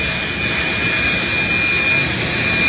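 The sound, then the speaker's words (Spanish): A private jet landing: a steady, loud jet engine roar fills the whole stretch, a broad rushing noise with a thin high-pitched whine running constantly on top, with no voices. “Efectivamente, vino un jet privado, y parece que una mesnada de jovencitas Ha aterrizado el jet.”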